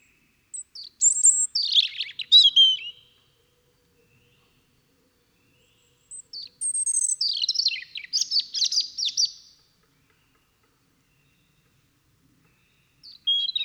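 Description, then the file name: European robin singing sparkling high-pitched phrases, a whistled opening sliding into tumbling twitters, then a long pause before another varied phrase and a brief third start. "Erithacus rubecula"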